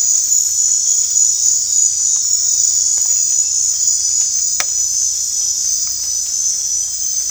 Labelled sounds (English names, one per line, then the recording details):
none
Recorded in dense forest near Puerto Asís, Putumayo, Colombia, on 22 December 2024 at 21:00
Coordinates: 0.468, -76.322
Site G071